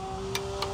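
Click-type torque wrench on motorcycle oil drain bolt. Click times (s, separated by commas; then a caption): 0.4 s, 0.6 s. A click-type torque wrench set to 31 ft-lb tightens the oil drain bolt on a 2006-2016 Yamaha YZF-R6 motorcycle during an oil change. Over a steady tonal hum, two sharp clicks sound at 0.4 s and 0.6 s. The wrench has clicked at its setting, confirming the bolt is at the correct torque.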